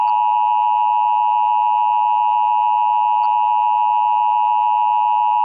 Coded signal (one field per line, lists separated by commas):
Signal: Emergency Alert System (SAME) tones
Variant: 853 and 960 Hz attention tone